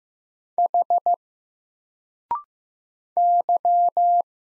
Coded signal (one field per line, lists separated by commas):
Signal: Morse code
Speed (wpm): 15 wpm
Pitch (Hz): 700 Hz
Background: none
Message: H Y